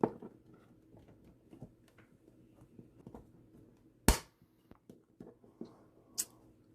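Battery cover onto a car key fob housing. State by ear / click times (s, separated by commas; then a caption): seated / 4.1 s. After a battery swap, the plastic battery cover is pressed on both sides at the top of a car key fob housing, with light handling rustles and small taps throughout. A loud, sharp snap at 4.1 s marks the cover seating into place, followed by another short click at 6.2 s.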